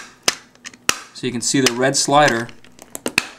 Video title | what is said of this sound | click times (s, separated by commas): Difficult Pod Installation | if you notice when I go to press it down clicks but then doesn't catch so | 0.3 s